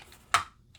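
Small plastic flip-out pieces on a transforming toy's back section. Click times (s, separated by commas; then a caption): 0.3 s. Two small plastic flip-out pieces on the back section of a transforming robot toy are unfolded and pushed until they snap into place. A sharp, bright plastic click comes at 0.3 seconds and rings out briefly over a quiet background, with a faint tap near the start and a soft tick near the end. The pieces are seated.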